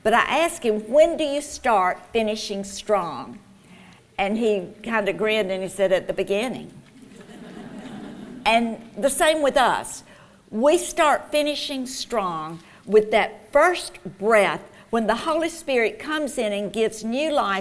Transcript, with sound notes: I asked him, "When do you start finishing strong?" He kind of grinned and said, "At the beginning!" [laughter] And the same with us. We start finishing strong with that first breath-when the Holy Spirit comes in and gives new life.